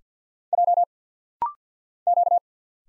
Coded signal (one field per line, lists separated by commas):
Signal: Morse code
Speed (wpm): 46 wpm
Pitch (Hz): 700 Hz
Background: none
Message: J Q